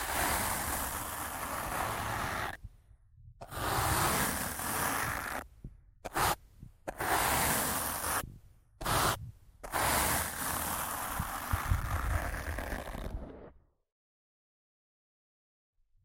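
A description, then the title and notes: Rough scratching and brushing across a mic in dense, hissy bursts, broken by several sudden silences around three to nine seconds, stopping near fourteen. ASMR Rough Mic Scratching & Brushing (No Talking).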